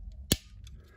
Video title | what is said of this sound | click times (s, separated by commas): LEVITON'S DIY OUTLETS ARE CHANGING THE GAME! ELECTRICIANS ARE SHOCKED | there we go listen for the click | 0.3 s